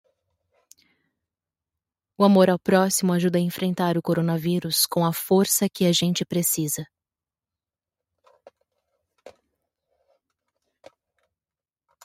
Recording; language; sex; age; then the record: spoken sentence; Brazilian Portuguese; female; 30 to 39 years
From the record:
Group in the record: control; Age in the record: 33 years